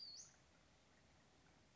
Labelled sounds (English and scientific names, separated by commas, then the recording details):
Western Flycatcher (Empidonax difficilis)
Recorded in Sonoma County, California